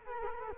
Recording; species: mosquito wingbeat signal from an infrared sensor; Culex quinquefasciatus